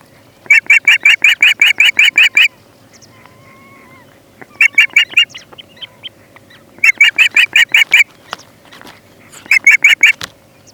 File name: Osprey